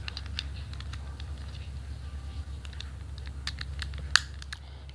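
A second plastic scoop-claw arm is pressed onto the ball joint on the other side of a figure's torso. Light plastic clicks and taps lead up to a single sharp snap at 4.2 seconds. The claw arm seats in the joint, leaving both arms properly connected.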